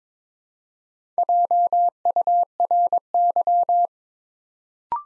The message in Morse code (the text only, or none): JURY